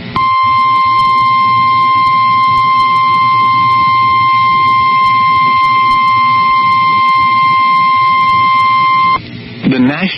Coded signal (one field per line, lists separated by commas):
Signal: Emergency Alert System (SAME) tones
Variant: 1050 Hz attention tone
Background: speech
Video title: PDS Tornado Warning (Cass and Richland Counties, ND) (6/20/25) [EAS #185]